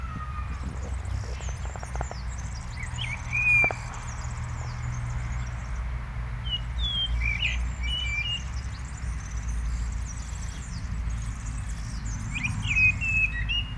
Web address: SETE data Turdus merula